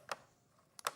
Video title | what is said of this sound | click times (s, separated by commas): 14/08/2024 - Glitzcraft, Creative Expressions, Sizzix & Dalton Manor | into envelope mode that's three clicks it's 45° | 0.1 s, 0.8 s, 0.9 s